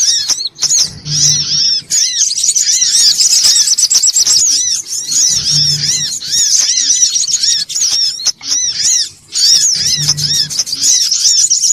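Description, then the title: Brown-throated sunbird song, a dense high twittering chatter with fast repeated arched notes, pausing briefly around two and eight seconds, with a faint low hum recurring. Bird-training (masteran) recording. "Masteran Burung Sogok Ontong Labaik"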